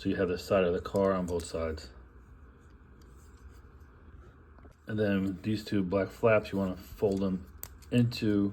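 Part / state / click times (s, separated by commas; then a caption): plastic flap tab into toy car body / not seated / none. Someone talks while handling two black plastic flaps on a Transformers Vumper transforming toy car, folding them toward the car's end piece where a tab connection lines up. Soft, quiet handling noises fill the pause between the speech. Nothing has seated or clicked into place yet.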